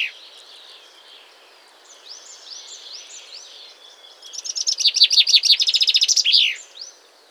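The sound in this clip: Common chaffinch song: soft upslurred notes build into a loud, rapid trill that ends in a brief downward flourish.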